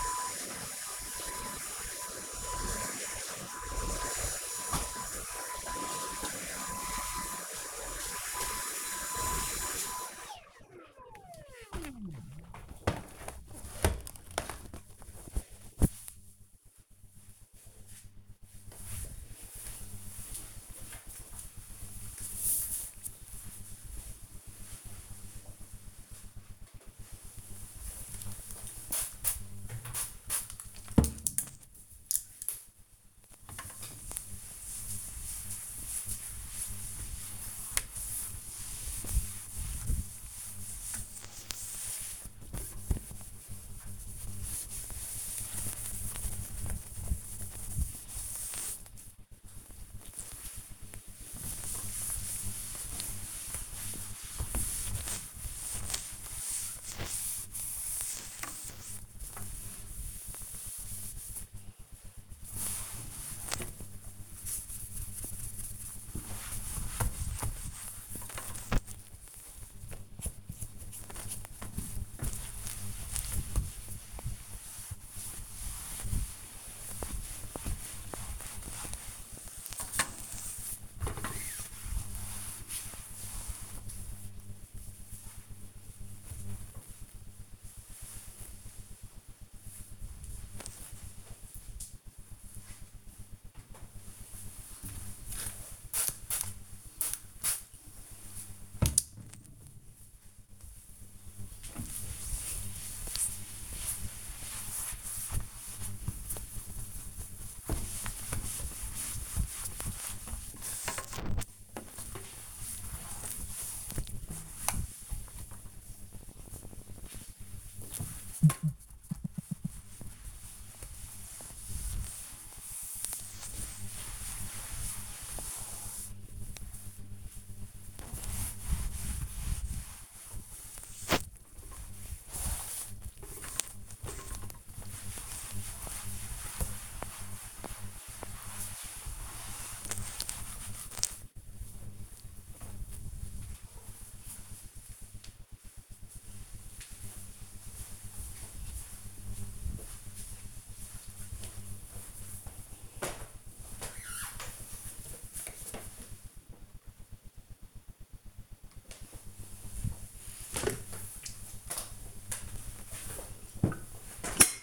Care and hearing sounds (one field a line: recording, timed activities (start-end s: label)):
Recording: household activities, microphone on the right wrist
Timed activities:
0.00-10.45 s: vacuum cleaning
26.58-86.02 s: window cleaning
93.07-141.48 s: window cleaning
158.63-164.63 s: making tea